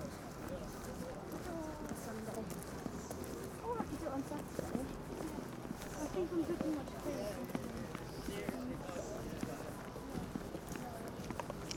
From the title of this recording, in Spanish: Caminata Nocturna Glastonbury